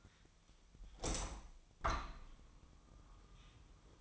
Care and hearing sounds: daily activity, microphone in the room; open window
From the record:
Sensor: 1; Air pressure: 1004.7 hPa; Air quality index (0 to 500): 119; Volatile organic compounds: 4 ppm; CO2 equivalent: 1652 ppm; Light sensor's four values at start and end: 8/20/8/8 and 8/21/8/9

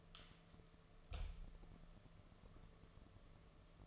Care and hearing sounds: daily activity, microphone in the room; light on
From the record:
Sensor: 4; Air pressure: 1015.6 hPa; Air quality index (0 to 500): 184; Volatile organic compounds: 8 ppm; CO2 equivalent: 2116 ppm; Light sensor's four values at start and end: 13/30/12/12 and 14/33/13/13

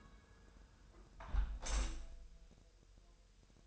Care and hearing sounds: daily activity, microphone in the room; close window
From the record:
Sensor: 2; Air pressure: 999.7 hPa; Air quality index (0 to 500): 219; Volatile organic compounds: 48 ppm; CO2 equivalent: 3263 ppm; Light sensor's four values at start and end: 8/20/8/8 and 8/19/8/8

